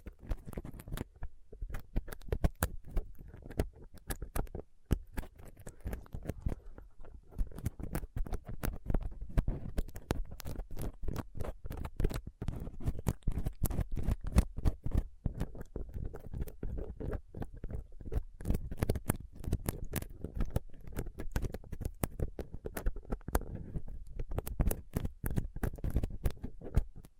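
Rough scraping and picking on a microphone with a dental pick, tweezers and a cotton swab. Dense, irregular clicks and scratchy taps fire rapidly and without pause for the whole length. The scratches sound sharp and crackly over a steady low rumble.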